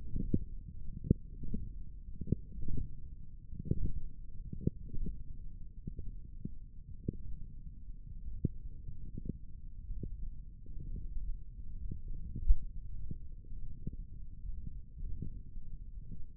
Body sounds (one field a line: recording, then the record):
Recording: forearm muscle sounds (acoustic myography)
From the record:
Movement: wrist flexion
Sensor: system 1, eight BSWA MPA416 microphones around the upper forearm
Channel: 1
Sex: male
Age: 21 years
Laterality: right